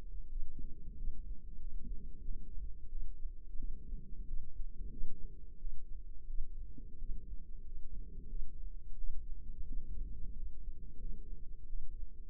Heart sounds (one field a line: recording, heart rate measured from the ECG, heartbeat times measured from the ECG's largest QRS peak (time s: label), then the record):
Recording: heart sounds by microphone in the left ear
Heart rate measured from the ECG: 90 bpm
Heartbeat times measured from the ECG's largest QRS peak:
0.27 s: heartbeat
0.95 s: heartbeat
1.57 s: heartbeat
2.20 s: heartbeat
2.88 s: heartbeat
3.55 s: heartbeat
4.24 s: heartbeat
4.88 s: heartbeat
5.57 s: heartbeat
6.25 s: heartbeat
6.96 s: heartbeat
7.61 s: heartbeat
8.26 s: heartbeat
8.94 s: heartbeat
9.64 s: heartbeat
10.32 s: heartbeat
10.96 s: heartbeat
11.65 s: heartbeat
From the record:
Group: healthy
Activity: rest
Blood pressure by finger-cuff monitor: 114/62 mmHg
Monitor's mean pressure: 80 mmHg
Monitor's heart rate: 90 bpm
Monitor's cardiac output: 8.3 L/min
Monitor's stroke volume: 90 mL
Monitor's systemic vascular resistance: 690 dyn s/cm5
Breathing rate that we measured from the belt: 20 breaths a minute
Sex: female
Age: 26 years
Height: 165 cm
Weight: 55 kg